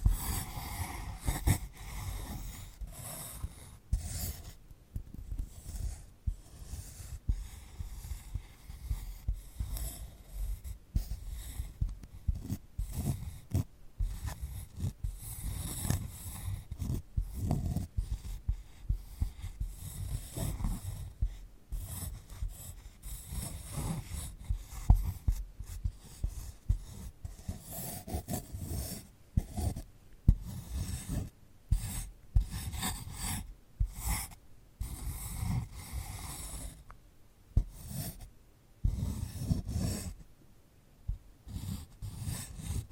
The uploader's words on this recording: ASMR of a Sunflower Head (No Talking).